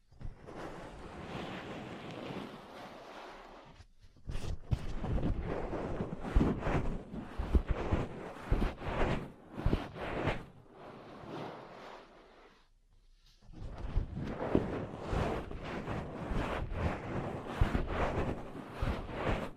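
Ear cleaning and massage sounds: a dense, rushing rub that swells and fades like surf. From about 4.5 to 11 seconds, quick sharp taps and clicks cut through it irregularly. The sound drops out briefly near 4 and 13 seconds, then the steady rubbing returns.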